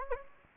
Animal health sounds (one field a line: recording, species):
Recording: mosquito wingbeat signal from an infrared sensor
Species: Anopheles gambiae